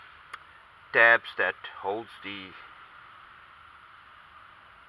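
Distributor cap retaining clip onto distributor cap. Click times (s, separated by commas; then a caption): 0.3 s. On a VW Golf MK1 (Citi Golf) with the rotor and distributor cap being replaced, the metal spring tab that holds the distributor cap is pressed back over the cap's lip. One short, sharp tick is heard at 0.3 s as the clip snaps home, followed by someone talking. The retaining clip is seated, holding the distributor cap in place.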